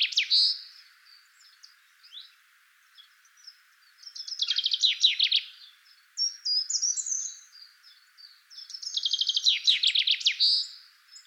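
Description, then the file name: Common chaffinch song repeated about every five seconds: a loud, fast, descending rattle of clear notes closing with a flourish, with high chirps in between. "Fringilla coelebs"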